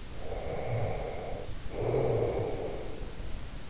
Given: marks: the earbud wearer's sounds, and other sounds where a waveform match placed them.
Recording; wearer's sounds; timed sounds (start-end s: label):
sounds in sleep by an in-ear microphone; snoring breath
0.12-3.23 s: snoring breath